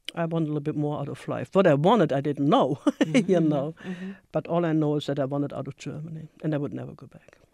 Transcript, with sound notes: I wanted a little bit more out of life. What I wanted, I didn't know. [chuckles] You know.
Uh-hmm.
But all I know is that I wanted out of Germany and I would never go back,